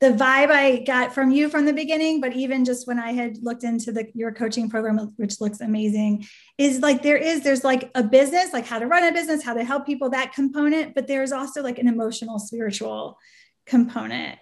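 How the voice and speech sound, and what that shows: One adult woman speaks fluently at a relaxed conversational pace with clear, steady voicing and a mid-range pitch, pausing briefly twice. Frequent filler "like" is ordinary casual style. No hoarseness, breathiness or disfluency; a normal speaking voice in a quiet room.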